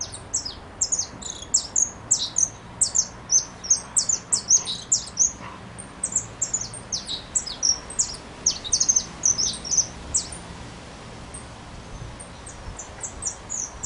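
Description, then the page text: Saffron finch calls: a dense run of high, sharp chirps in quick uneven bursts throughout, with a faint steady background hiss. Subspecies pelzelni; adult male, wild, recorded 23 December 2011 at Manuel B. Gonnet, Buenos Aires, Argentina. "Jilguero Dorado (Sicalis flaveola). Sicalis flaveola pelzelni Jilguerito. Juan Kulichevsky"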